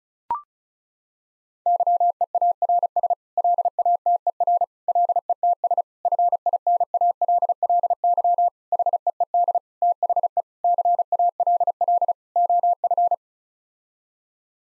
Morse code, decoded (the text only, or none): YEARS LATER LETS FINALLY HEED THE CALL OF